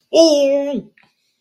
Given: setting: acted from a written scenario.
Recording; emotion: vocal sound without words; anger